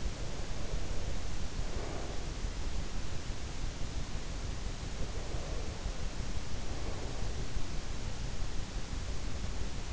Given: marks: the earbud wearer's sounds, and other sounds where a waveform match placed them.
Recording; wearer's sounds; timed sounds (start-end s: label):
sounds in sleep by an in-ear microphone; breath
0.00-2.64 s: breath
4.84-7.62 s: breath